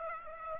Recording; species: mosquito wingbeat signal from an infrared sensor; Aedes aegypti